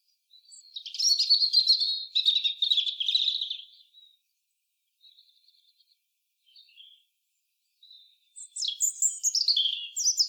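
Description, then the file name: European robin song: a loud run of thin, high, warbling notes, a pause with faint quiet twitters, then another bright phrase of sliding high notes near the end. "Erithacus rubecula"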